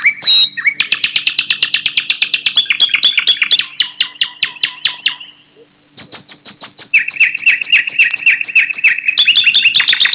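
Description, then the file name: Bird song of rapid, chattering chirps that fade, pause briefly midway, then resume with bright repeated notes, with a constant low hum underneath. "Suara Kicau burung"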